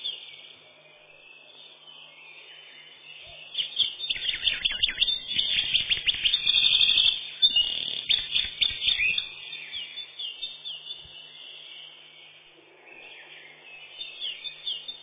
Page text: Крапивник, или подкоренник, орешек (лат. Troglodytes troglodytes)